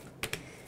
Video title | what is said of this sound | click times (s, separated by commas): Test : Ultramix Pro d'Electrolux - Close up | il se clipse sur tous les éléments de façon très simple je le mets à l'envers à chaque fois mais c'est pas grave | 0.2 s